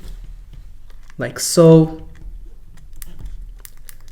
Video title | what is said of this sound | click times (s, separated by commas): Do THIS if your PS5 thumbsticks are stuck/broken *2024 UPDATE* | You should be able to hear a click, which tells you that it sat in place. | 3.0 s